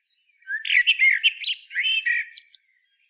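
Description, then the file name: Common blackbird song: one warbled phrase of low fluty notes breaking into squeaky high twitters, lasting about two seconds, in otherwise quiet surroundings. "Turdus merula"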